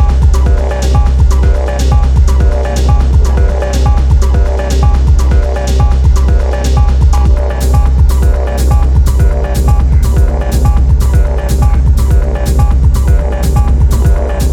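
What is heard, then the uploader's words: In a garden, a steady low droning hum runs the whole time without letup. Over it comes a regular, quick ticking or clattering, a few beats each second, growing sharper and more pronounced in the second half. Record in a garden.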